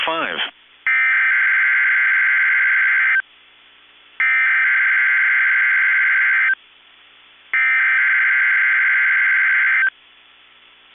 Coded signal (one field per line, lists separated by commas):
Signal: Emergency Alert System (SAME) tones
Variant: header bursts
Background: speech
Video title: WE MADE IT TO EAS #300 AND LAST WEEKLY TESTS OF THE YEAR EAS Tests From 12/30/20 (EAS #298-303)